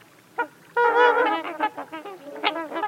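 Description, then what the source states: Trumpeter swans honking, a long nasal horn-like honk followed by a syncopated scatter of shorter honks from several birds. A flock of a dozen flying in a straight line on a November morning, necks outstretched; their syncopated honks reveal their identity.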